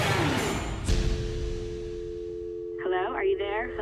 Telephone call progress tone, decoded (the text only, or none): dial tone